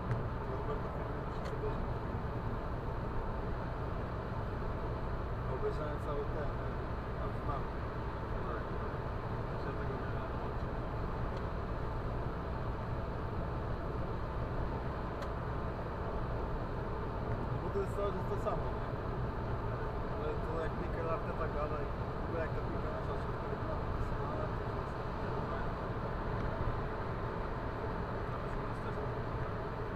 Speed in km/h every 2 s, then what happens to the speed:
107, 107, 107, 108, 107, 108, 108, 109, 109, 110, 109, 110, 110, 110, 110.
0-30 steady at about 109.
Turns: none.